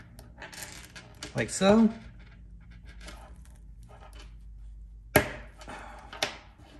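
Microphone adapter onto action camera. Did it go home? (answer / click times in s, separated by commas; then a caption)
yes / 5.2 s. A plastic mic adapter is pushed onto an Insta360 Ace Pro action camera, with light handling rustles and taps before it snaps on with a sharp click at 5.2 s. A softer tap follows about a second later, and someone talks briefly. The adapter is seated on the camera.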